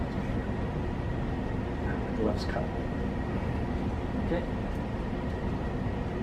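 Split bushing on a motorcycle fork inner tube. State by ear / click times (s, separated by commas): not seated / none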